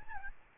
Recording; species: mosquito wingbeat signal from an infrared sensor; Aedes albopictus